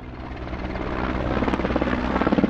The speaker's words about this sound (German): Armeehubschrauber kreisen über der Innenstadt.